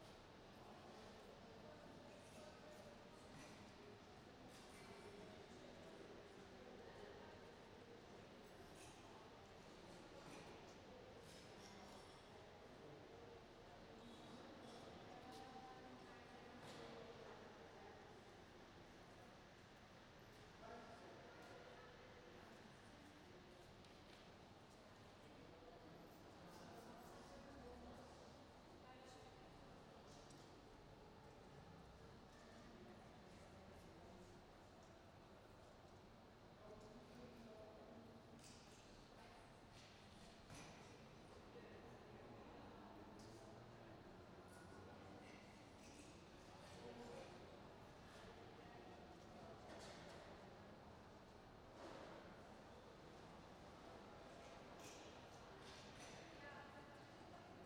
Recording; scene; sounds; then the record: everyday scene through a hearing-aid microphone; reverberant space; background noise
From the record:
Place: railway station hall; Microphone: in the ear canal, right